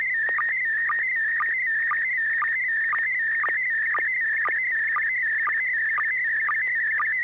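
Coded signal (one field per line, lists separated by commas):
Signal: SSTV (slow-scan television)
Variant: PD120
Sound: warbling tone around 2 kHz with a short low blip roughly twice a second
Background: low steady hum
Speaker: was able to successfully transmit a photo very clean photograph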